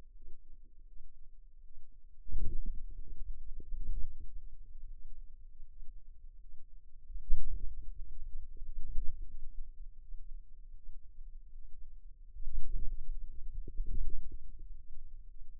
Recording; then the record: forearm muscle sounds (acoustic myography)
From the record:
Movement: hand closing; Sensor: system 2, bracelet of six BSWA MPA416 microphones around the upper forearm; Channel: 6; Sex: female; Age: 23 years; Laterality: right